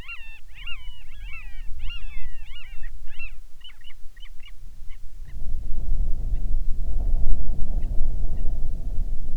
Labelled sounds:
bird, wind
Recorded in the Arctic National Wildlife Refuge, Alaska, on 10 July 2019 at 18:44
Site 44

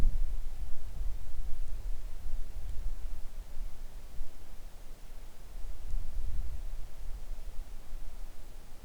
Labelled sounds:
wind
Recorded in the Arctic National Wildlife Refuge, Alaska, on 3 August 2019 at 10:25
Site 41

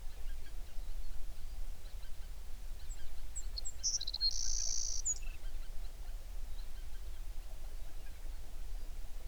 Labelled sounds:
songbird, waterfowl
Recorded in the Prudhoe Bay oil fields, Alaska, on 11 June 2019 at 04:41
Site 21

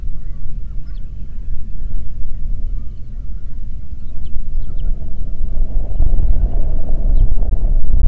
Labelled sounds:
songbird, waterfowl, wind
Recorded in the Prudhoe Bay oil fields, Alaska, on 8 June 2019 at 04:23
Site 30

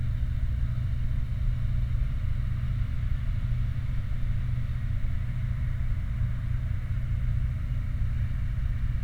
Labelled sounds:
truck
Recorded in the Prudhoe Bay oil fields, Alaska, on 29 July 2019 at 00:47
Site 29

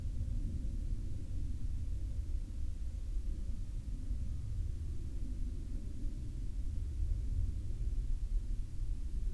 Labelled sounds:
aircraft, insects
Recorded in the Prudhoe Bay oil fields, Alaska, on 22 August 2019 at 01:43
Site 13

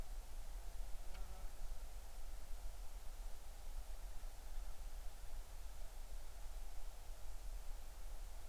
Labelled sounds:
insects
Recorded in the Arctic National Wildlife Refuge, Alaska, on 20 July 2019 at 02:43
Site 38

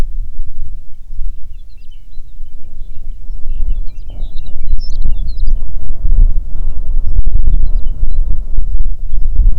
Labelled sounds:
songbird, wind
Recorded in the Prudhoe Bay oil fields, Alaska, on 6 June 2019 at 04:13
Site 16

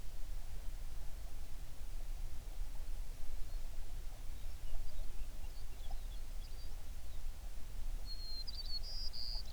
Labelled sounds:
songbird
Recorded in the Prudhoe Bay oil fields, Alaska, on 11 June 2019 at 04:57
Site 21

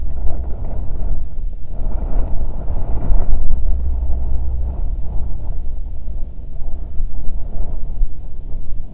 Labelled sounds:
wind
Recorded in the Prudhoe Bay oil fields, Alaska, on 7 August 2019 at 14:21
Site 17

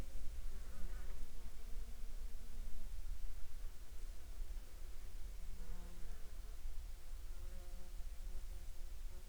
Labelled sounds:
insects
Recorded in the Prudhoe Bay oil fields, Alaska, on 9 July 2019 at 10:11
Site 14

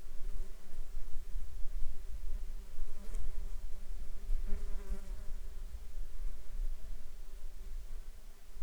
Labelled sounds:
insects
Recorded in the Arctic National Wildlife Refuge, Alaska, on 21 June 2019 at 10:48
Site 33

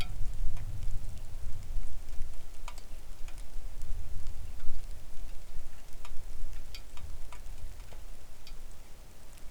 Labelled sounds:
wind, rain
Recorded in the Arctic National Wildlife Refuge, Alaska, on 3 August 2019 at 09:53
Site 41

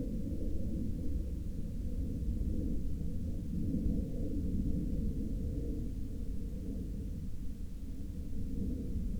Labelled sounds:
aircraft
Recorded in the Prudhoe Bay oil fields, Alaska, on 22 August 2019 at 01:42
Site 13

